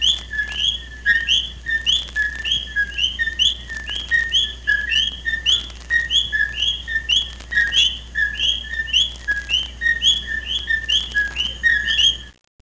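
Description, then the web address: Common coqui chorus: many overlapping two-note 'co-qui' calls repeating continuously, with a faint steady low hum underneath. Caribbean. "caribbean wildlife-facts 2008 wildlife-facts sounds 2008 coqui comun"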